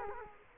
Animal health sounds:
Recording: mosquito wingbeat signal from an infrared sensor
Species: Culex quinquefasciatus

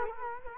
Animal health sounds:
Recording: mosquito wingbeat signal from an infrared sensor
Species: Culex quinquefasciatus

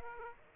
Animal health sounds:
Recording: mosquito wingbeat signal from an infrared sensor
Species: Aedes aegypti

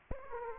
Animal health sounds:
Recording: mosquito wingbeat signal from an infrared sensor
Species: Aedes aegypti

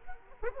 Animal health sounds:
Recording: mosquito wingbeat signal from an infrared sensor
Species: Culex quinquefasciatus

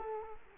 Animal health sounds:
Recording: mosquito wingbeat signal from an infrared sensor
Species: Culex quinquefasciatus

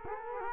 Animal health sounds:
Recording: mosquito wingbeat signal from an infrared sensor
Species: Culex quinquefasciatus

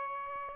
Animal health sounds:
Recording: mosquito wingbeat signal from an infrared sensor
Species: Aedes albopictus

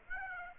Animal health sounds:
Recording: mosquito wingbeat signal from an infrared sensor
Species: Aedes aegypti

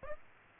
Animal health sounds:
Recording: mosquito wingbeat signal from an infrared sensor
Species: Aedes aegypti

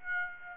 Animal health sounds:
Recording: mosquito wingbeat signal from an infrared sensor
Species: Aedes aegypti

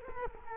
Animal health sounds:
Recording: mosquito wingbeat signal from an infrared sensor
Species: Culex quinquefasciatus

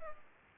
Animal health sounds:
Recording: mosquito wingbeat signal from an infrared sensor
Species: Culex pipiens

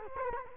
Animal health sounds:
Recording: mosquito wingbeat signal from an infrared sensor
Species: Culex quinquefasciatus

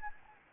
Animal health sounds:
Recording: mosquito wingbeat signal from an infrared sensor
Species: Anopheles gambiae

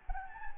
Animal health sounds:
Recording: mosquito wingbeat signal from an infrared sensor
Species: Anopheles gambiae

